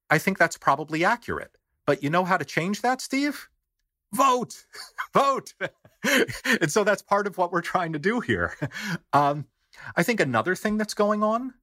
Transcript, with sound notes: I think that’s probably accurate. But you know how to change that Steve? Vote! Vote! [LAUGHS] So that’s part of what we’re trying to do here. I think another thing that’s going on